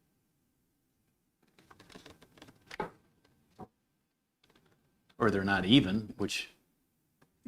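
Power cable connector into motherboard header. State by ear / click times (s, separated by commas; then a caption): not seated / none. A power cable connector, noticed as not seated, is pushed again toward a motherboard header, making a series of light plastic taps and rattles from about 1.5 to 3.0 s, with a sharper knock near 2.8 s. Someone talks, and the connector is pulled back out to retry. The connector won't go in, and nothing has seated or clicked yet.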